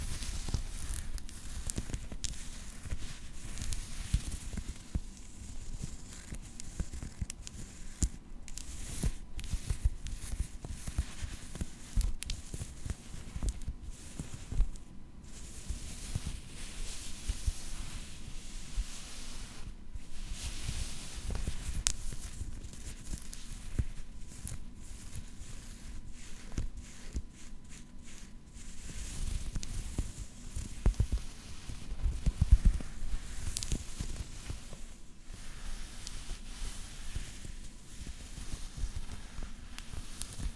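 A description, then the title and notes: Fabric is scratched continuously for the whole length, a dense, rough rustle that barely lets up, broken only by brief momentary gaps. The level stays fairly even throughout, with a slightly sharper, louder scrape around the 32-second mark. Fabric Scratching. In dieser Folge verwende ich unterschiedliche Stoffe.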